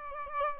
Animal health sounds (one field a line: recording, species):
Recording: mosquito wingbeat signal from an infrared sensor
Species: Aedes albopictus